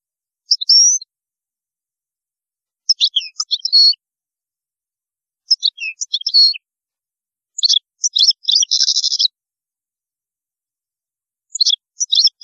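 European goldfinch song, repeated bursts of tinkling, jangling notes every couple of seconds, one phrase holding a dense buzzy rattle, otherwise quiet.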